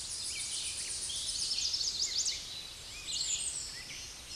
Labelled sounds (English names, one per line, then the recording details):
Chestnut-sided Warbler song
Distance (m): 35 m
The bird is about 10 m above the microphone
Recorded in a Pennsylvania forest on 16 May 2024 at 09:20
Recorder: AudioMoth, point MSD-2110
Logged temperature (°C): 16.4 °C
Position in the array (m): 65 m, 193 m